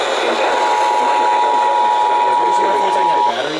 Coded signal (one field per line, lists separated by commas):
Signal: Emergency Alert System (SAME) tones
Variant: 853 and 960 Hz attention tone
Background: speech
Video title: COLUMBIA'S TAKEOVER... EAS Alerts from 6/16/22 (EAS #7,331 - 7,479)